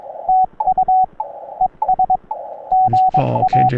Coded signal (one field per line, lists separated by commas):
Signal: Morse code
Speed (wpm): 22 wpm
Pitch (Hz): 750 Hz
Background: radio noise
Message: TU ES GA